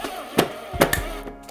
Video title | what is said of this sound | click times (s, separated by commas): Mo's Gallery - Wall Anchors & How to Use Them | okay you hear that snap right there you can actually hear that on the other side of the wall | 0.8 s, 0.9 s